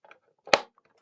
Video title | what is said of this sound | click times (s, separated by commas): Build the 1:8 Scale Batmobile Tumbler from Hachette Partworks - Part 94 & 95 | Just like that. You heard that click in then? | 0.5 s